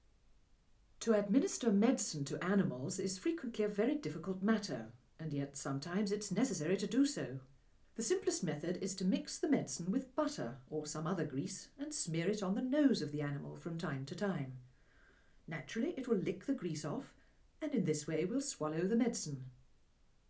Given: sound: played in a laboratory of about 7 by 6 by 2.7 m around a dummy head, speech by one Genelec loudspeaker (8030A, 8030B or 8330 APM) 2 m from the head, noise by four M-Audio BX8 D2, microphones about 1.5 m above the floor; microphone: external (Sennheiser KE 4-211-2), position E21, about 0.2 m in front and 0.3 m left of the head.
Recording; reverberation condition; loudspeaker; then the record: female speech in English; low; 120 degrees to the left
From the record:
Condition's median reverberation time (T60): about 310 ms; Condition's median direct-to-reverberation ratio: about 3.5 dB